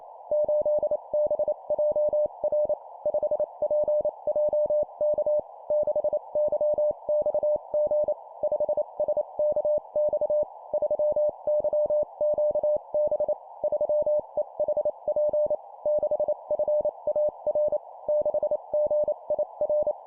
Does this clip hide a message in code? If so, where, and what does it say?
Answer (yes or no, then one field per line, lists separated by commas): yes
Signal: Morse code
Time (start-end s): 0.3-19.9 s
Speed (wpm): 28 wpm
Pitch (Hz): 600 Hz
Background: none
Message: 8BJR 5PJK 6YXG 5SKX 3YQB 3EHP 6FAR 6GIR